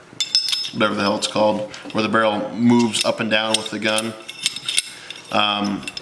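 During reassembly of a Smith & Wesson M&P Shield 9mm compact pistol, the steel barrel is handled near the slide, with light metallic taps around 0.2, 0.4 and 4.5 to 5.1 seconds while someone talks. Nothing has seated or clicked yet; the barrel is not yet locked into the slide.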